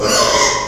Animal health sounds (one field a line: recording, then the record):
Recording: squeal of a Yucatan mini pig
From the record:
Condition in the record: before surgery on the right vocal fold (resection and tissue-engineered implant)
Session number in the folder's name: 1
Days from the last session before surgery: -3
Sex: male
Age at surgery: 12 weeks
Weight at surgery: 13 kg